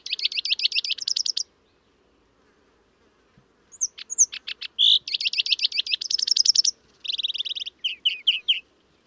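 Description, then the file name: European greenfinch song of fast, buzzy trills, a pause, then a burst of twittering notes and rattling trills in quick succession. "Chloris chloris"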